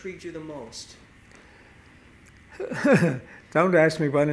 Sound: he laughs

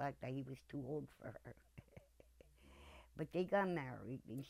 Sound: chuckles

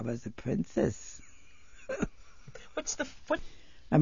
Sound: she laughs

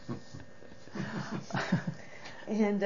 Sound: laugh

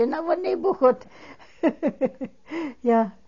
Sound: she laughs

